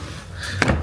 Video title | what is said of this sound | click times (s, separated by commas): How To Diamond Cut Alloy Wheels At Home (LESS THAN $20!) | I think that's it. Heard it click. | 0.6 s